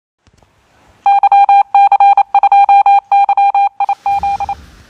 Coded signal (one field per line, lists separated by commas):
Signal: Morse code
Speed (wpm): 29 wpm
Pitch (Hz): 800 Hz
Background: none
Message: YC2YIZ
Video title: D Antenna HC-100 137-174 Mhz